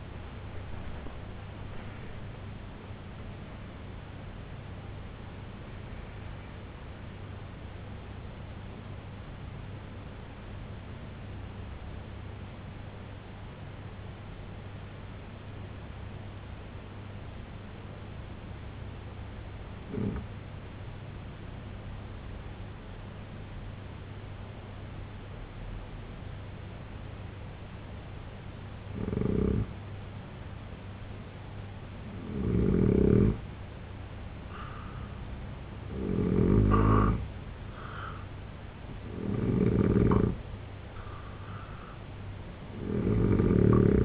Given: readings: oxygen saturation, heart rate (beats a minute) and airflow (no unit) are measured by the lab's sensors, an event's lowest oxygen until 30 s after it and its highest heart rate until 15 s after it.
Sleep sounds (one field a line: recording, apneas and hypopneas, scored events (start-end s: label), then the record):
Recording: breathing in sleep by a voice recorder at the bedside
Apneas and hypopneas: 1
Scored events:
10.00-33.20 s: hypopnea (N1, oxygen 96% highest, then 86% lowest, heart rate 70 at the start, 78 highest)
18.00-44.05 s: new sleep stage, N2 (light sleep)
From the record:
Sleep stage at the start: N1 (lightest sleep)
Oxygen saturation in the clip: 83 to 96%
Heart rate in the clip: 64 to 98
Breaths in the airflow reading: 9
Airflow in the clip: -8.1 to 10.2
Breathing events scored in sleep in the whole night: 258 in 7.4 hours asleep